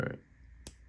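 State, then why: Seated. Someone talks briefly, then a Tuya Mutt folding knife, reassembled after a Skiff pivot bearing swap, is flipped open and its blade locks into the lock bar with a single sharp click at 0.7 s. The lockup sounds like a click rather than a thud, and the blade is seated.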